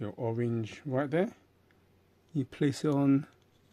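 Someone talks while handling the orange interchangeable bezel ring of a Xiaomi Watch S3, placing it back onto the smartwatch case to be twisted until it locks. There is a quiet gap between the speech, and the bezel has not seated or clicked yet.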